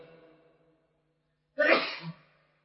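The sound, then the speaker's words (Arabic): A single loud, sharp sneeze bursts out after a brief quiet, its breathy noise spread broadly before tapering off quickly. “يرحمك الله”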